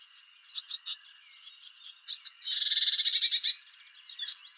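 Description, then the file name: Eurasian blue tit calling with rapid, very high, thin notes in short clusters, then a brief buzzy churring trill, followed by more scattered high chips; a steady faint hum underneath. "Cyanistes caeruleus"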